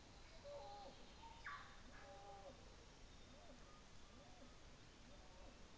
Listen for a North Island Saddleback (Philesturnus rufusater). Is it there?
no